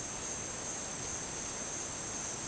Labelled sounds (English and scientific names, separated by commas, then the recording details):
none
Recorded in dense forest near Puerto Asís, Putumayo, Colombia, on 27 June 2025 at 12:30
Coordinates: 0.484, -76.317
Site G045